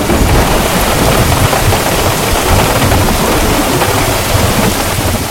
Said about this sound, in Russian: Ночь. Сильный дождь колотит по листьям деревьев, по крыше такси.